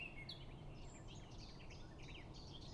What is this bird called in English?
Eurasian Blackcap